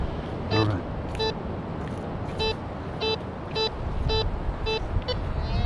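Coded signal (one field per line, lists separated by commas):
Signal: none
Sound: metal detector target tones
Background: speech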